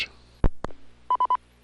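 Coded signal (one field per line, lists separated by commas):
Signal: none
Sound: repeater courtesy tone beeps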